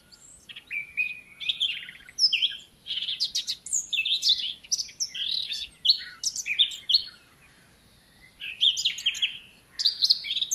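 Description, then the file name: Eurasian blackcap giving almost continuous, hurried warbling, mixing high twitters and fuller slurred notes, with one brief gap near the end. "Sylvia atricapilla"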